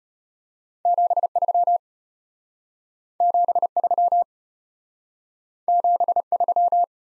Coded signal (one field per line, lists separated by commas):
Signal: Morse code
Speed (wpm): 33 wpm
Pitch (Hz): 700 Hz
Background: none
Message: 73 73 73